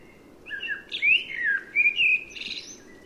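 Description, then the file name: Common blackbird song, a rich whistled phrase with swooping slurred notes, finishing in a thin, scratchy high twitter. "Turdus merula"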